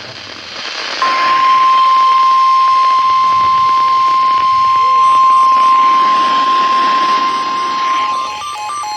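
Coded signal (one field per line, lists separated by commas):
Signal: Emergency Alert System (SAME) tones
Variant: 1050 Hz attention tone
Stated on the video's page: NOAA Weather Radio EAS required weekly tests.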